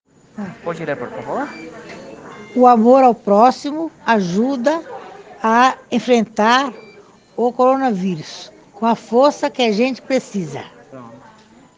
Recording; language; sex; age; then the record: spoken sentence; Brazilian Portuguese; female; 60 to 69 years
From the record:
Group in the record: respiratory insufficiency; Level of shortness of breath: 5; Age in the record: 64 years